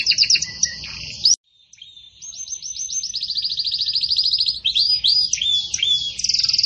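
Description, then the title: Belgian canary song: a short burst of high notes, a brief silent break, then a long series of rapid repeated notes and varied whistles. Belgian canary breed, pure "campainha" song style with pauses, intended for training other canaries. "Canto Canário Belga Campainha Puro Com Pausa Para Treinamento"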